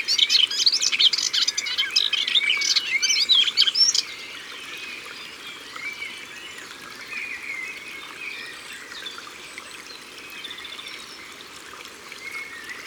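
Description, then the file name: Melodious warbler giving a rapid, dense chattering song for about four seconds, then stopping; afterwards only faint whistled bird notes and low noise. Recorded at the water's edge. "Hypolais polyglotte Au bord de leau"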